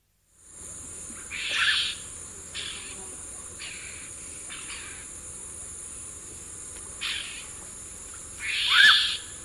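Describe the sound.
Black-capped donacobius calling in short scratchy bursts with a whistled note near the end, over a steady high drone.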